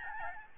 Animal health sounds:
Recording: mosquito wingbeat signal from an infrared sensor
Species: Aedes albopictus

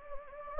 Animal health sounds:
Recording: mosquito wingbeat signal from an infrared sensor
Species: Anopheles gambiae

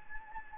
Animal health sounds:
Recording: mosquito wingbeat signal from an infrared sensor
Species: Anopheles gambiae

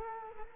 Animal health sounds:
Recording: mosquito wingbeat signal from an infrared sensor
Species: Culex quinquefasciatus

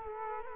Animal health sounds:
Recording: mosquito wingbeat signal from an infrared sensor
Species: Culex quinquefasciatus

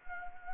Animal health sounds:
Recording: mosquito wingbeat signal from an infrared sensor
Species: Anopheles gambiae

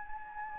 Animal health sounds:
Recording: mosquito wingbeat signal from an infrared sensor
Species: Anopheles gambiae

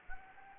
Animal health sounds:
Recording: mosquito wingbeat signal from an infrared sensor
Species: Anopheles gambiae

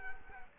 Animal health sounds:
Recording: mosquito wingbeat signal from an infrared sensor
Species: Culex quinquefasciatus

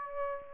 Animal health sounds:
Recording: mosquito wingbeat signal from an infrared sensor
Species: Aedes aegypti

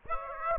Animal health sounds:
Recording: mosquito wingbeat signal from an infrared sensor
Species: Aedes aegypti

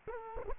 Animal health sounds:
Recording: mosquito wingbeat signal from an infrared sensor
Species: Culex quinquefasciatus

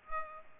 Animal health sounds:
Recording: mosquito wingbeat signal from an infrared sensor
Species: Culex pipiens

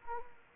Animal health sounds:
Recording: mosquito wingbeat signal from an infrared sensor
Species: Anopheles arabiensis

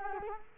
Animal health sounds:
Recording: mosquito wingbeat signal from an infrared sensor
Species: Culex quinquefasciatus

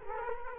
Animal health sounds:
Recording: mosquito wingbeat signal from an infrared sensor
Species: Culex quinquefasciatus

